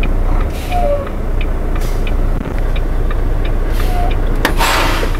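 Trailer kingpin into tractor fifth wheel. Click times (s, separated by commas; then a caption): 4.4 s. A tractor backs under a trailer with its engine running until the fifth wheel locking jaws close on the trailer's steel kingpin. A steady vehicle rumble with a few faint knocks gives way to a sharp, loud metallic click at 4.5 s. The jaws lock onto the kingpin and the coupling is confirmed seated, ready for a tug test.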